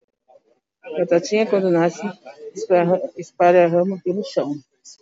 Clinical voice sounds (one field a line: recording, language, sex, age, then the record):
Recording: short text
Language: Brazilian Portuguese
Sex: female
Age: 40 to 49 years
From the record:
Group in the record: control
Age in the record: 42 years